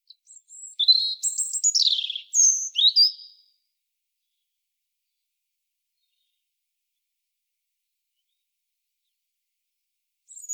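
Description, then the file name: European robin producing a short burst of varied high squeaky notes and trills lasting about three seconds, followed by silence and a faint new start at the end. "Erithacus rubecula"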